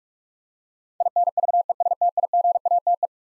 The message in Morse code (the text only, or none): INVESTIGATE